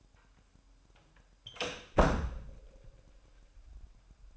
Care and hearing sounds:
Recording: daily activity, microphone in the room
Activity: close door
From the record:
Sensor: 2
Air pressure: 998.3 hPa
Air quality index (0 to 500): 136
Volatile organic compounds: 4 ppm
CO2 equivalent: 1542 ppm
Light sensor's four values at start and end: 12/35/14/14 and 12/35/14/14

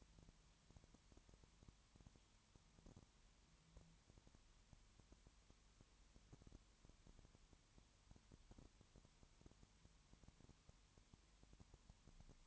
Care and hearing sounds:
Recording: daily activity, microphone in the room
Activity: no activity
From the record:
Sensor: 3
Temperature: 21.1 degrees Celsius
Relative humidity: 37.0%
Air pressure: 1010.6 hPa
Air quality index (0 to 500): 204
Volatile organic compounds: 31 ppm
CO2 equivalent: 2977 ppm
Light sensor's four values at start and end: 2/3/2/2 and 2/3/2/2

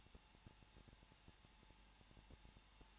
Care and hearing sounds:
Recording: daily activity, microphone in the room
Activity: no activity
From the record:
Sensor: 1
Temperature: 20.0 degrees Celsius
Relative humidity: 39.5%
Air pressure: 1006.4 hPa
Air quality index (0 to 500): 220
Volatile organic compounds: 83 ppm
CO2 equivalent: 3635 ppm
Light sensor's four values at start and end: 1/2/1/1 and 1/2/1/1

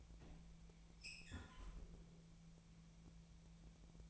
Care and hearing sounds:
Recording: daily activity, microphone in the room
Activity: close fridge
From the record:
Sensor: 1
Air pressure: 1000.0 hPa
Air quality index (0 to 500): 138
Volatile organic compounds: 2 ppm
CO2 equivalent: 1294 ppm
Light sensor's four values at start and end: 33/82/34/42 and 32/82/34/42

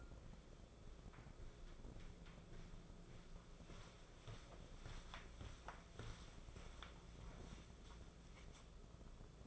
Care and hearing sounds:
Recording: daily activity, microphone in the room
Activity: walk to room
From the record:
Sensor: 5

